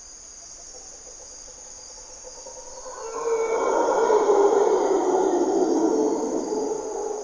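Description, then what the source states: Mantled howler monkey roar building suddenly after three seconds into a loud, harsh, throaty sound that holds to the end, above a steady high-pitched insect drone. Grunts and calls at morning twilight, waking the jungle, in primary hardwood forest by a deep river valley, Corcovado National Park, Osa Peninsula, Costa Rica; local name Monos Congos.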